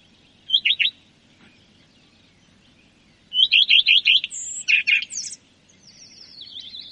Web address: common redstart